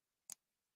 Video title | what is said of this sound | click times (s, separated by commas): Deals, Gift Ideas + Giveaways with Clown Live #giveaway #amazonlive #shoppingdragons | right? And that click is just going to ensure that you have a pretty good grip on these. | 0.3 s